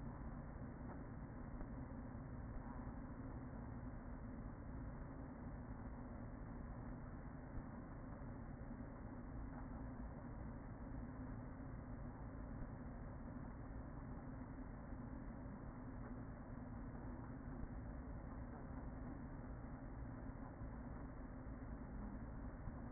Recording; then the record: honeybee colony, microphone inside the hive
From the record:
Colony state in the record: queen present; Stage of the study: after two queens were removed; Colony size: about 40,000 bees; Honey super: no